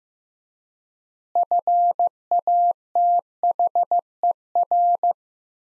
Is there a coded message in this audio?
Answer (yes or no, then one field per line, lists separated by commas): yes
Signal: Morse code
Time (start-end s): 1.4-5.1 s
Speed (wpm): 15 wpm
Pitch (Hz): 700 Hz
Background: none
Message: FATHER